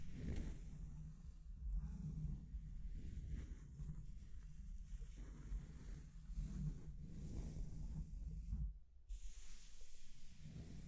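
Scratching and tracing on a surface: a heavy, low rubbing drone with a faint hiss on top. Strokes swell every two seconds or so, and the sound cuts out briefly near the nine-second mark before resuming.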